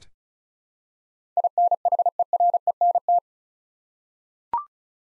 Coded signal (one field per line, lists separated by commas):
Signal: Morse code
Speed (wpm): 36 wpm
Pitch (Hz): 700 Hz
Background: none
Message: INHERENT